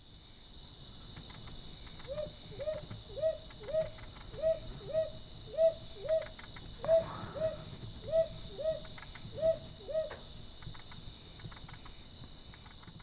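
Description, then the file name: Northern boobook hooting: soft, low, paired hoo-hoo notes repeated steadily, over a constant high chorus of buzzing insects. "aobazuku"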